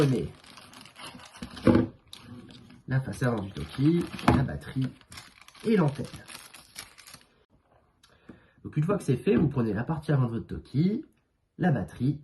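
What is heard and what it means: The front of a walkie-talkie, its battery pack and its antenna are picked up and handled before the battery is slid onto the radio body, with light handling noises between stretches where someone talks. The battery has not yet been slid on, and nothing has seated or clicked yet.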